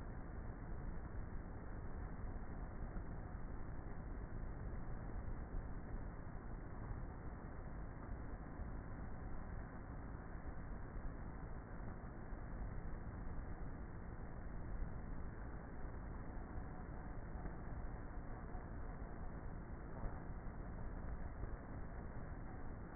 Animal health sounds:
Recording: honeybee colony, microphone inside the hive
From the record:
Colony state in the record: queenless with a low population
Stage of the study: before two queens were removed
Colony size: about 30,000 bees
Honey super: no

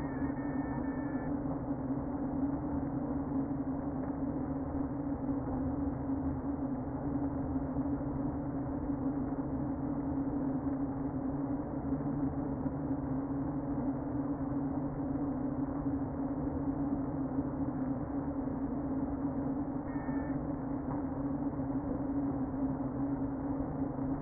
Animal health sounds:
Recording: honeybee colony, microphone inside the hive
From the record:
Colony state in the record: queen present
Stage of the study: before two queens were removed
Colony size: about 60,000 bees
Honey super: yes

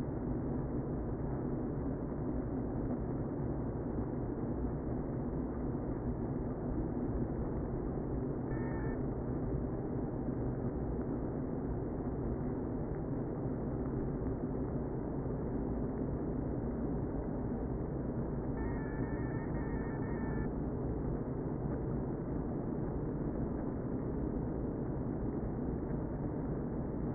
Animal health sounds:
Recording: honeybee colony, microphone inside the hive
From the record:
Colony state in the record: queen present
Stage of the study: before two queens were removed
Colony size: about 60,000 bees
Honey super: yes

